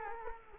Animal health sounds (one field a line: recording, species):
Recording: mosquito wingbeat signal from an infrared sensor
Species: Culex quinquefasciatus